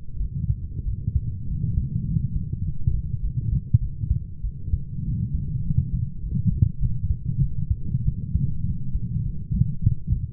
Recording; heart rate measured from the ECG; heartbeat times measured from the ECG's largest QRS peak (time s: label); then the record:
heart sounds by stethoscope; 100 bpm
0.19 s: heartbeat
0.84 s: heartbeat
1.47 s: heartbeat
2.06 s: heartbeat
2.63 s: heartbeat
3.21 s: heartbeat
3.80 s: heartbeat
4.43 s: heartbeat
5.04 s: heartbeat
5.63 s: heartbeat
6.21 s: heartbeat
6.80 s: heartbeat
7.40 s: heartbeat
8.05 s: heartbeat
8.65 s: heartbeat
9.24 s: heartbeat
9.82 s: heartbeat
From the record:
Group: healthy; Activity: light exercise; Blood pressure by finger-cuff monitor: 130/78 mmHg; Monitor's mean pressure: 94 mmHg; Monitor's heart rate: 100 bpm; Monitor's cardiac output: 7.9 L/min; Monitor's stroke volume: 79 mL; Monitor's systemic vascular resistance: 880 dyn s/cm5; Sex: female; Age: 22 years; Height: 160 cm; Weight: 63 kg